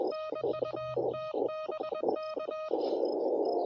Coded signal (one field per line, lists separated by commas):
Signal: Morse code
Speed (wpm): 21 wpm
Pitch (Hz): 1250 Hz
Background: none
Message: N UT BK